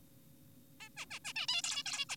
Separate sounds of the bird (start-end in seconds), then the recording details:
0.80-0.89, 0.97-1.06, 1.11-1.19, 1.25-1.33, 1.36-1.46, 1.48-1.62, 1.64-1.84, 1.86-2.06, 2.10-2.16. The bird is an adult. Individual g4p5U